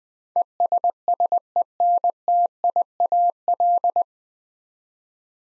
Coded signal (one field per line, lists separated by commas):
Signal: Morse code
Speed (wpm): 20 wpm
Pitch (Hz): 700 Hz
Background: none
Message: ESSENTIAL